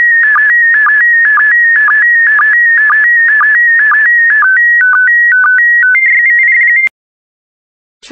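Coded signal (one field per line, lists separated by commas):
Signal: SSTV (slow-scan television)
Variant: PD120 mode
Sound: warbling tone with regular low sync blips, then a clean stepping tone sequence, then silence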